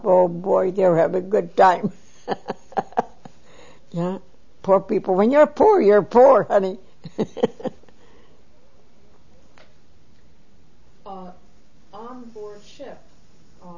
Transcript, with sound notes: "Oh, boy, they're having a good time." ( she laughs ) Yeah. Poor people, when you're poor, you're poor, honey. ( she laughs )
Ah, on board ship, uh,